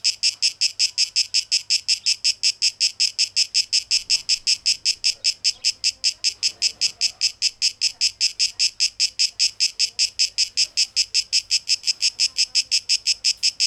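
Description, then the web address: Cicada song, a crisp high buzz chopped into regular pulses about two and a half per second, steady to the end. Cicadas, tape echo mix, 12 August 2023. "rauschpartikel Audio 2023-08-12 Zikaden"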